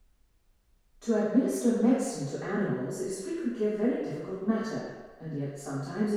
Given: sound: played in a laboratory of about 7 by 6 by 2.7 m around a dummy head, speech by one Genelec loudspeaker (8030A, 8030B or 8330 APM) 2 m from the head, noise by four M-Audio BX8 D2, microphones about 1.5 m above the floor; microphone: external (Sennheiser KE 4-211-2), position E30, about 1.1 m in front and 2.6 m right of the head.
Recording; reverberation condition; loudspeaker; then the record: female speech in English; high; in front (0 degrees)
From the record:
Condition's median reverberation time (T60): about 1300 ms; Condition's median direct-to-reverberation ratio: about -4.0 dB